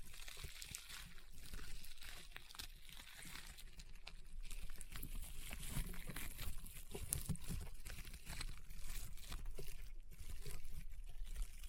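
Rainbow honeycomb slime being squeezed gives off a dense, continuous stream of crunchy crackles and small pops throughout. The clicks come rapidly and irregularly with a wet, sticky texture, and the level stays fairly even, swelling slightly in places without any pause.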